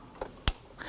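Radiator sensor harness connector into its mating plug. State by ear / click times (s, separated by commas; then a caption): seated / 0.5 s. The two halves of a plastic electrical connector on the radiator sensor harness of a 2018-2024 Toyota Camry 2.5L L4 are pushed together into their mating plug. A faint tap comes at 0.2 s, then a sharp, bright click at 0.5 s as the connector locks into place, with a soft rustle near 0.8 s. The connector is seated.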